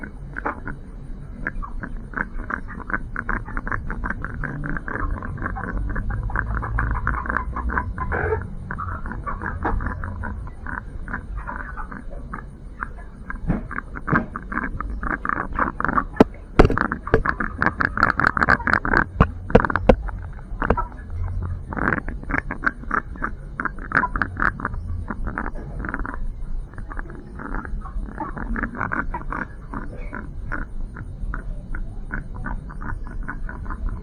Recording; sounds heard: poultry house recording; sick chickens (respiratory disease)